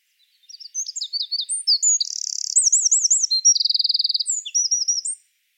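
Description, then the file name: Eurasian wren singing a long, energetic phrase of very high chirps, two rattling trills and rolling wavy whistles, about five seconds, no other sounds. "Troglodytes troglodytes"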